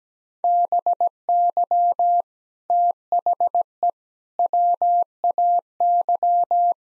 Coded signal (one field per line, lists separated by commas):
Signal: Morse code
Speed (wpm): 17 wpm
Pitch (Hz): 700 Hz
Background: none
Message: BY THE WAY